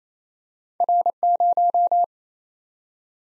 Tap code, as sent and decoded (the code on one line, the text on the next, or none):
none